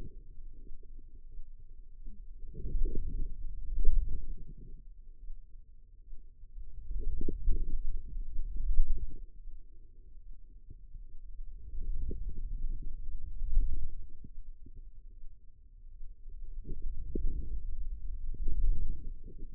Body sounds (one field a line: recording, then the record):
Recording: forearm muscle sounds (acoustic myography)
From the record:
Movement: wrist extension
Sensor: system 2, bracelet of six BSWA MPA416 microphones around the upper forearm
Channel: 4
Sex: female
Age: 25 years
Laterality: right